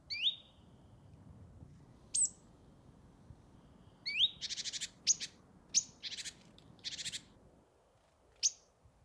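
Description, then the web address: Great tit calls: thin sharp rising notes spaced apart, with a few short rasping churr bursts in the middle, in a quiet background. "SETE Parus major"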